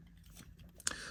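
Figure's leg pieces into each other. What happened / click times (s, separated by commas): The plastic leg pieces snapped together / 0.9 s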